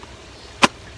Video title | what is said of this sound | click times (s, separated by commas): Graflex Crown Graphic | it all the way across until it clicks okay and so now it's in there | 0.6 s